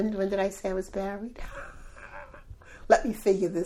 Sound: laughs

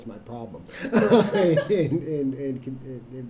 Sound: laugh

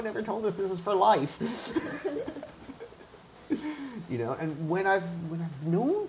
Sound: laughs

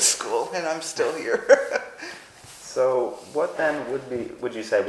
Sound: laughs

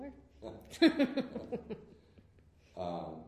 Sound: laughter

